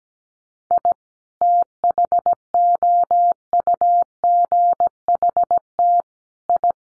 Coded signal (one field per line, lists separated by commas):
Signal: Morse code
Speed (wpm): 17 wpm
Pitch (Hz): 700 Hz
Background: none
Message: I THOUGHT I